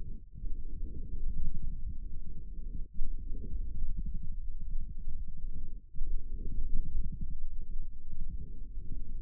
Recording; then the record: forearm muscle sounds (acoustic myography)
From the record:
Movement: forearm supination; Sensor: system 1, eight BSWA MPA416 microphones around the upper forearm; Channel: 8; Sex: male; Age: 28 years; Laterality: right